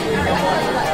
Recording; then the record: background sound without coughing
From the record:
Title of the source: Nightlife Party Simulating Party Club Noise 1 Hour